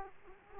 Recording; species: mosquito wingbeat signal from an infrared sensor; Culex quinquefasciatus